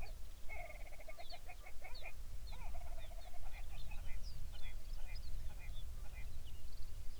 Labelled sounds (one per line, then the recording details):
songbird
grouse or ptarmigan
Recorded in the Arctic National Wildlife Refuge, Alaska, on 23 May 2019 at 05:04
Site 49